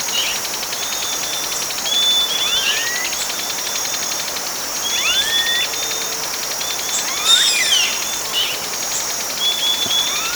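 Bird calls: thin rising and falling whistled slurs scattered throughout, set against a constant high buzzing drone.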